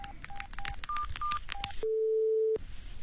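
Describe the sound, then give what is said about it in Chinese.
Mobile phone keypad dialing tones as an unknown number is called: about eight quick, clear beeps in an uneven rhythm at shifting pitches, then a single steady lower tone held for nearly a second before it cuts off. “打那个陌生电话，你就对他说你已经回到上海了，希望商量你们之间的事情。”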